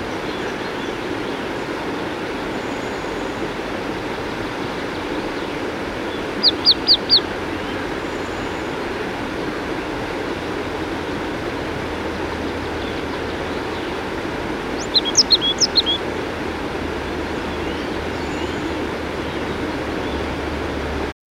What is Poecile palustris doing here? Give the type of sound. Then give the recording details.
song. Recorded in the wild. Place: Thale, Sachsen-Anhalt, DE. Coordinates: 51.731, 11.063. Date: 1978-05-06. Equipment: Nagra III BH, Sennheiser MD 21, parabola. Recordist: Schubert, Michael. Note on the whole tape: Gesang Sumpfmeise